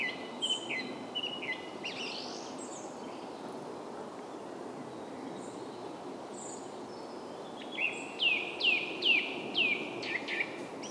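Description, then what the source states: Birdsong, with scattered high chirps, then a run of clear downslurred whistles repeated about every half second near the end, over steady background hiss. Soundscape.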